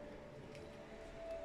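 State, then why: Not seated. A small plastic male connector clip is handled against its matching female plastic clip, the two pieces meant to be pushed together to join them. Only a steady background hum with a faint tone and low rumble is heard. Nothing has seated or clicked yet.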